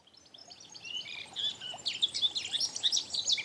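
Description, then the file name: Eurasian blackcap song starting faintly and swelling into a lively run of sharp chirps and bright whistled slurs during the final two seconds. "Sylvia atricapilla"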